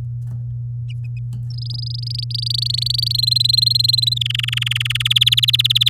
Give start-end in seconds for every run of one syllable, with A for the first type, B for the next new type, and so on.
1.50-3.21 A, 3.23-4.14 B, 4.16-5.08 C, 5.10-5.90 D